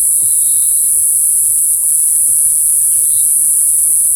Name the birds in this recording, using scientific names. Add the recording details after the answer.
none. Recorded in forest near Pivijay, Magdalena, Colombia, on 13 April 2023 at 13:30. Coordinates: 10.467, -74.380. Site Z5-G034